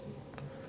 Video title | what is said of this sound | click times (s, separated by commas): EP. 15 (X FORCE) | you heard it pop | 0.3 s, 0.4 s